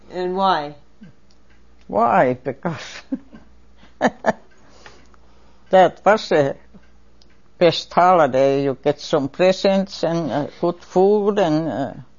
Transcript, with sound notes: And why?
Why? Because (laughing) that was a best holiday - you get some presents and a good food and